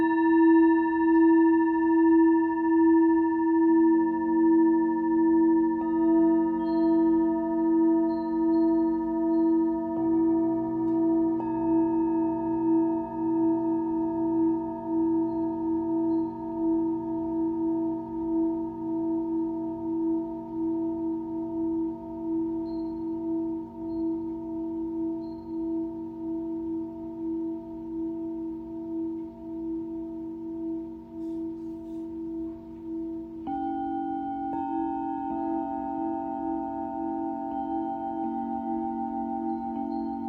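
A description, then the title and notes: A Tibetan singing bowl rings with a steady, sustained tone and shimmering overtones that waver in a slow, regular pulse. Its pitch layers shift subtly near 4, 10 and 33 seconds as the ringing is renewed, and the sound stays full and continuous throughout. Tibetan Singing Bowl サウンドヒーリング.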